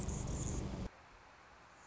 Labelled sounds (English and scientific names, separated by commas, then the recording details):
Anna's Hummingbird (Calypte anna)
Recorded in Sonoma County, California